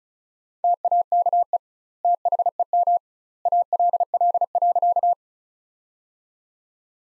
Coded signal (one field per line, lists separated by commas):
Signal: Morse code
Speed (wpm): 34 wpm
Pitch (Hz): 700 Hz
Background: none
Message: TAKE THEM ALL.